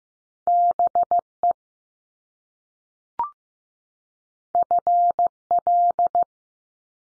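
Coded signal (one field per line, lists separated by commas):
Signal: Morse code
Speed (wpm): 15 wpm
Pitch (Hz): 700 Hz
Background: none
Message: BE FL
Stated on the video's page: Morse practice at 15 wpm: top two-letter combinations found in words, each sent, spoken after a slight pause, then sent again.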